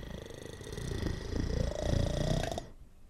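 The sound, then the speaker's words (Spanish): A person imitates a tiger snoring with one long, rough, rattling growl that swells louder over a couple of seconds, then stops abruptly. “Es un tigre roncando.”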